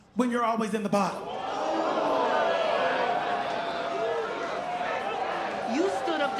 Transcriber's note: soundbite of crowd jeering